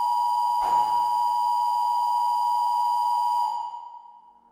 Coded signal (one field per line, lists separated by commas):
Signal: Emergency Alert System (SAME) tones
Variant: 853 and 960 Hz attention tone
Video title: 31 New EAS Alarm Requested By @MontyMoleIsBack